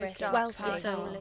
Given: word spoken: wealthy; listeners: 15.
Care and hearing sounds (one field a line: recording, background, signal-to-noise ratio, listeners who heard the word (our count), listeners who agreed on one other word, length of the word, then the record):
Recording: one English word in noise, from a listening test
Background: four-talker babble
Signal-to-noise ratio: 0.7 dB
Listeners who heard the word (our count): 5 of 15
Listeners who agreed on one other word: 6 of 15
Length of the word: 0.81 s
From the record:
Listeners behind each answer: 6, 5, 2, 1, 1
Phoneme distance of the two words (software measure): 27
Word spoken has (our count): 2 syllables, 5 phonemes, stress on syllable 1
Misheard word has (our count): 2 syllables, 6 phonemes, stress on syllable 1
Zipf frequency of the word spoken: 4.13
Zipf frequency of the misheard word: 5.42